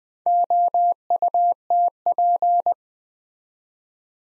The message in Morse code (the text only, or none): OUTP